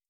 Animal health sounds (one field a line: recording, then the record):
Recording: hydrophone in a shrimp aquaculture tank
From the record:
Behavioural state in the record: starved